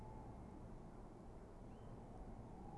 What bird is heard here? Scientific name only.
Strix aluco